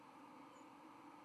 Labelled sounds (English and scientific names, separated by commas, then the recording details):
White-throated Sparrow (Zonotrichia albicollis) flight call
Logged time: 09:26 on 31 October 2014